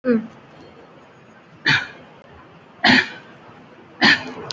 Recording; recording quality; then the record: heavy voluntary cough; excellent, no background noise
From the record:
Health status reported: recovered from COVID-19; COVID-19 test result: positive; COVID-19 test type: RT-PCR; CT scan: taken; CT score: 0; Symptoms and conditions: cough, cold, breathing difficulty, muscle pain, chronic lung disease, pneumonia, diabetes, another condition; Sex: male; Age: 53 years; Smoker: yes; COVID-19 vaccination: none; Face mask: worn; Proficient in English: no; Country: India